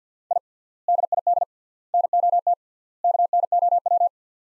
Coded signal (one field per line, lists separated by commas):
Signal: Morse code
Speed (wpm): 50 wpm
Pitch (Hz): 700 Hz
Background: none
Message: I DID NOT KNOW